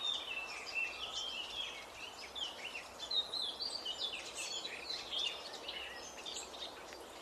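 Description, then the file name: Eurasian blackcap: continuous run of thin, quick chirping and warbled notes over a low background hiss. "Sylvia atricapilla"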